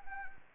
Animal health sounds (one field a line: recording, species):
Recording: mosquito wingbeat signal from an infrared sensor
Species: Anopheles arabiensis